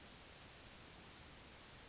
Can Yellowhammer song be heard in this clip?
no